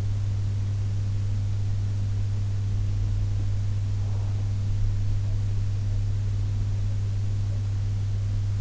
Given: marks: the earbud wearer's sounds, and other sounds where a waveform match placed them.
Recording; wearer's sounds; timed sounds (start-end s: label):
sounds in sleep by an in-ear microphone; breath
3.66-4.49 s: breath